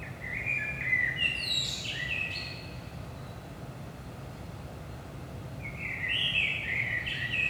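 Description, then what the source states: Common blackbird giving a mellow whistled phrase with a scratchy high ending, then after a long pause another phrase begins, low background rumble present. Recorded in Saint-Gilles, Belgium, early morning at 5 am; DPA 4060 microphones in AB position into a Zoom F3 recorder.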